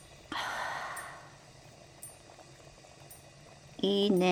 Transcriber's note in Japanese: 鉄ビンの湯の音